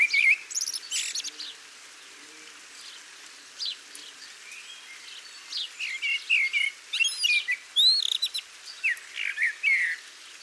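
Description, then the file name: Eurasian blackbird song: a loud opening phrase, then a pause, then a run of fluty warbled phrases and high twittering notes in quick succession. "Turdus merula"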